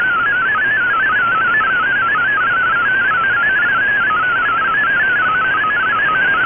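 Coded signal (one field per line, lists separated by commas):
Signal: multi-tone FSK (Olivia or MFSK type)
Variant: MFSK32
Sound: rapid warbling single tone hopping between many pitches over hiss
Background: radio static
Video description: Here is my decode of the Shortwave Radiogram broadcast today on 7780Khz shortwave radio at 2330UTC in MFSK32 and with 4 SSTV images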